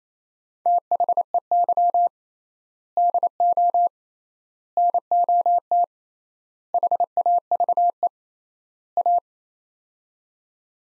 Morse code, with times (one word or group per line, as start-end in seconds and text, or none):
0.7-2.1 THEY
3.0-3.9 DO
4.8-5.8 NOT
6.7-8.1 HAVE
9.0-9.2 A